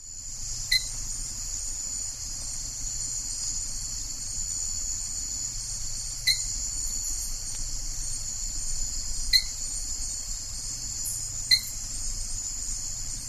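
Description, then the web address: Dark-spotted thin-toed frog giving short, sharp upward-flicking whistled notes, four throughout at uneven gaps, over a steady high insect drone. Recorded in the Ecuadorian Amazon, Ecuador. "Nature Songs S America Frogs of Ecuadorian Amazon Adenomera hylaedactyla"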